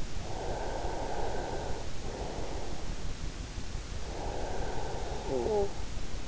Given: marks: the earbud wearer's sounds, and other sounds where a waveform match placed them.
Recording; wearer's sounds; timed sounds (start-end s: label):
sounds in sleep by an in-ear microphone; breath, snoring breath
0.19-2.76 s: breath
4.00-5.94 s: snoring breath